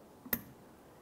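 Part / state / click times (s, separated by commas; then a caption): wiring plug into fog lamp / seated / 0.3 s. A fog lamp wiring connector on a 2011-2018 Volkswagen Jetta is pushed up into the fog lamp while the car is being reassembled after a radiator replacement. A faint touch comes just before a single sharp, bright click at 0.3 s, followed by quiet. The connector is seated, and a tug afterward confirms it is secure.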